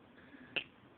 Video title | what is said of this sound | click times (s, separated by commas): Swapping the PROM in and out of the carrier on a GM ECM. | and did you hear the click it clicked all the pins went popped in the back place | 0.6 s